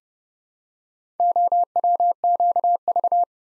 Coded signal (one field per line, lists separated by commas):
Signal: Morse code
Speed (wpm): 30 wpm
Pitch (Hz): 700 Hz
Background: none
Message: OWQV